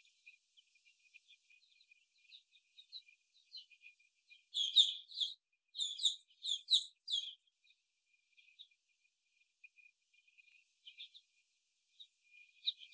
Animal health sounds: young laying hens in a cage, short pieces joined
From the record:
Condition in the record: after the stressor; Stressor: simulated dog barking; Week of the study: 1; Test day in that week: 2

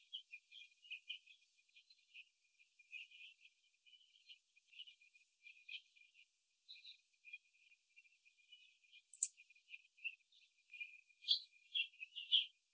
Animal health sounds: young laying hens in a cage, short pieces joined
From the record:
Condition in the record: before the stressor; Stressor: simulated dog barking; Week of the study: 2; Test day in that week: 3

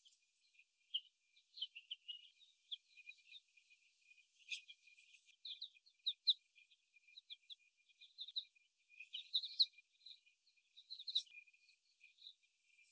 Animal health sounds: young laying hens in a cage, short pieces joined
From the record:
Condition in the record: before the stressor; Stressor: simulated dog barking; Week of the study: 1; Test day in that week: 1

